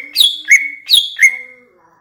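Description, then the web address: Greater green leafbird giving two paired notes, each a sharp high chip dropping into a clear whistled tone, with a faint low hum beneath. Cucak ijo from Banyuwangi, described as gacor. "cucak-ijo suara-cucak-ijo-banyuwangi-gacor"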